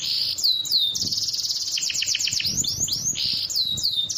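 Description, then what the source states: Bird song: high rapid trills mixed with clear downslurred whistles, repeated in quick phrases. Described as the most complete 'masteran' bird sound compilation.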